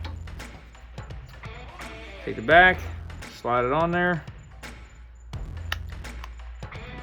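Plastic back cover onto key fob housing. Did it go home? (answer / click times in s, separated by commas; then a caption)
yes / 5.7 s. Someone talks while the plastic back half of a key fob is slid onto the housing and pressed around its edges after a new coin cell is fitted, with light plastic handling taps throughout. A sharp, clear click at 5.7 s marks the back cover snapping shut and seating closed.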